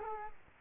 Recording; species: mosquito wingbeat signal from an infrared sensor; Culex quinquefasciatus